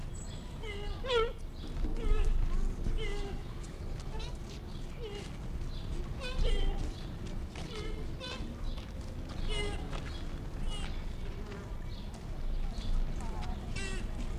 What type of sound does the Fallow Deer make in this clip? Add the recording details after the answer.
call. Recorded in captivity. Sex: diverse. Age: diverse. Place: Zoo Berlin, Berlin, DE. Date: 1959-07-04 16:00. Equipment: Reporter (Vollspur). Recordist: Tembrock, Günter